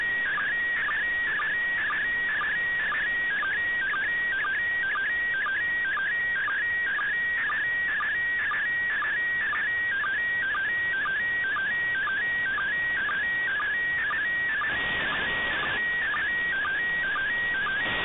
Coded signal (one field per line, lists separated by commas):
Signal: SSTV (slow-scan television)